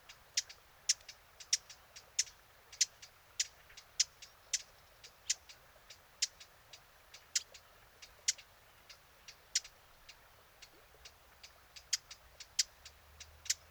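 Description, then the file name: Eurasian blackcap uttering a long, fast series of hard tack clicks, several per second, some louder and some softer, continuing throughout. "Sylvia atricapilla"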